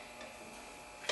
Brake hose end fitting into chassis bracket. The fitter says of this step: sorry about blocking it there it is you can feel it snap right in